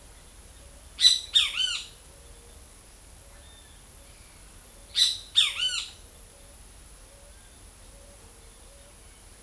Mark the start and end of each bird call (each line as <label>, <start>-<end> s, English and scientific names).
Trinidad Euphonia (Euphonia trinitatis), 0.88-1.88 s
Trinidad Euphonia (Euphonia trinitatis), 4.95-5.95 s